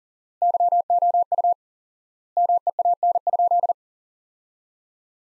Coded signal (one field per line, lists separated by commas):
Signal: Morse code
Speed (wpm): 40 wpm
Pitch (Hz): 700 Hz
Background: none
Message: YOU MEAN?